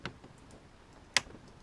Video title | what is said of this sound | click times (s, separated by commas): 2012 ram 15 door panel removal - How To Car Audio | so here it click | 1.2 s